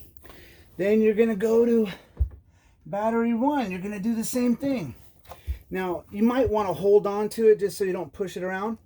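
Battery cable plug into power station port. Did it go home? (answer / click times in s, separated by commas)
no / none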